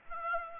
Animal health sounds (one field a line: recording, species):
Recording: mosquito wingbeat signal from an infrared sensor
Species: Aedes aegypti